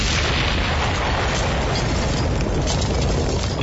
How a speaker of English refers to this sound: What just happened there? Like there was an explosion of some sort and glass breaking all over the place.